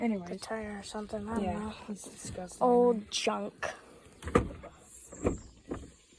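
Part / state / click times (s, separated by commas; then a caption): car trunk lid into its latch / not seated / none. Someone talks while the trunk lid of a Pontiac car is shut into its latch; the lid thumps down with a few short knocks, but the latch does not engage. Nothing has latched or clicked, because the car has no battery.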